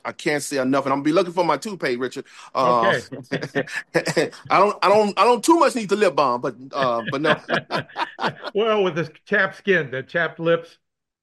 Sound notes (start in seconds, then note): 2.6 laughs; 6.7 laughs